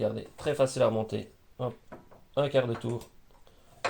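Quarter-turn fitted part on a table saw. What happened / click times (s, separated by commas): Handled, not yet home: quarter-turn part on a saw, no seating click / none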